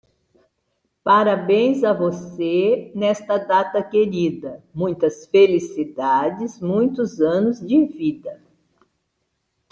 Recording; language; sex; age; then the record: short text; Brazilian Portuguese; female; 60 to 69 years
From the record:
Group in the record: control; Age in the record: 68 years